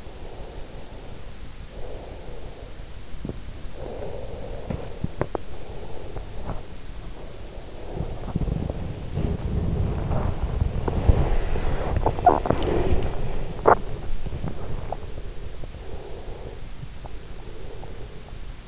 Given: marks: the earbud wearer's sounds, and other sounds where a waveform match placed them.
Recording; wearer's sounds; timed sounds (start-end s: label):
sounds in sleep by an in-ear microphone; breath, body movement
0.00-2.97 s: breath
3.71-6.97 s: breath
7.66-15.43 s: body movement
15.03-18.68 s: breath